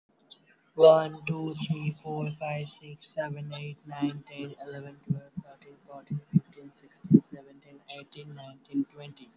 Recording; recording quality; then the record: counting at a normal pace; excellent, no background noise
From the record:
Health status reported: healthy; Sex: male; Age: 20 years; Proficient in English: yes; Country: India